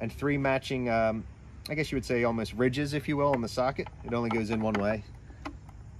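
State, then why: Seated. Someone talks while pushing a wedge-base tail light bulb for a 2009-2015 Honda Pilot back into its plastic socket, which is lined up by three grooves and three matching ridges so it only goes in one way. After the talking stops, a short, sharp click sounds at 5.5 s as the bulb seats flush.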